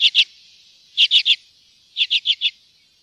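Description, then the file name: Common redpoll calling in quick clipped chet notes, grouped in twos, threes and fours, one burst each second, against a quiet background. "graasisik"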